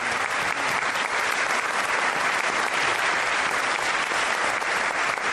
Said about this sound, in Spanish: Así que por ahí también aplaudamos al querido nene.